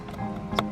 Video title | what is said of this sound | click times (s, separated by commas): DIY MK6 Steering Wheel Removal - MK6 Golf | press it in here that little click and then press that | 0.6 s